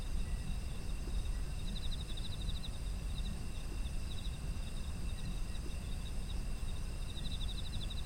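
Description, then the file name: Insect trills in buzzy pulsed bursts early on and near the end, with fainter chirps between, continuous high insect drones and low rumble. Ambient sound of autumn insects. "秋の虫の環境音"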